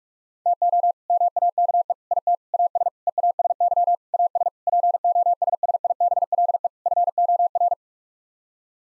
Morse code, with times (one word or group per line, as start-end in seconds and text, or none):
0.5-0.9 TO
1.1-1.9 MAKE
2.1-2.4 IT
2.5-2.9 AS
3.1-4.0 EASY
4.1-4.5 AS
4.7-6.7 POSSIBLE
6.9-7.7 FOR